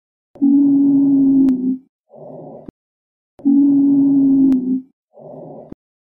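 Expiratory lung sounds heard over an adult chest with a stethoscope: a loud, sustained, low-pitched tonal sound of about 250 Hz lasting about 1.4 seconds, followed by a shorter, softer phase, recurring about 20 times a minute.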